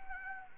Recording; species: mosquito wingbeat signal from an infrared sensor; Anopheles arabiensis